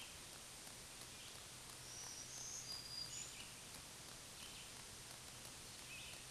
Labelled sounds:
Black-throated Green Warbler song
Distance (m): 30 m
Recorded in a Pennsylvania forest on 1 June 2023 at 08:58
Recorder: AudioMoth, point grid3_17_low
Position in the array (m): 215 m, 135 m

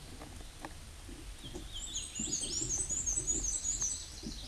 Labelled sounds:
Black-and-white Warbler song
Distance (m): 10 m
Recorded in a Pennsylvania forest on 19 May 2023 at 20:33
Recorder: AudioMoth, point grid1_33_low
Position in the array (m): 40 m, 132 m

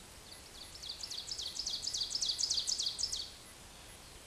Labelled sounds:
Ovenbird song
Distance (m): 25 m
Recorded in a Pennsylvania forest on 17 May 2023 at 13:29
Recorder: AudioMoth, point grid1_26_low
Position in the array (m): 176 m, 12 m

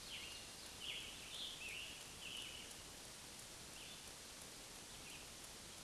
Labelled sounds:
Scarlet Tanager song
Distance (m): 65 m
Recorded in a Pennsylvania forest on 1 June 2023 at 08:08
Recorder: AudioMoth, point grid3_32_high
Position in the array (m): 164 m, 141 m

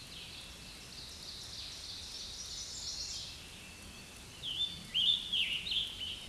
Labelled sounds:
Scarlet Tanager song
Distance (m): 25 m
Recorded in a Pennsylvania forest on 19 May 2023 at 09:08
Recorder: AudioMoth, point grid1_2_low
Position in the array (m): 139 m, 45 m

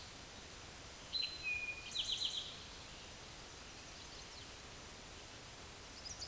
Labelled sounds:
Eastern Towhee song
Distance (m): 25 m
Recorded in a Pennsylvania forest on 17 May 2023 at 13:16
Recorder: AudioMoth, point grid1_31_low
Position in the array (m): 120 m, 85 m

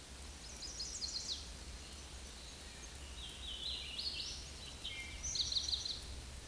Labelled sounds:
Hooded Warbler song
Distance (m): 25 m
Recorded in a Pennsylvania forest on 18 May 2023 at 05:50
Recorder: AudioMoth, point grid1_37_low
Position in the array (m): 55 m, 188 m

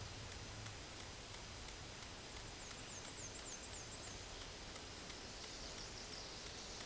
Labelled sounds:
Black-and-white Warbler song
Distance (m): 110 m
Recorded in a Pennsylvania forest on 18 May 2023 at 13:23
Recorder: AudioMoth, point grid1_32_low
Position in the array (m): 46 m, 220 m

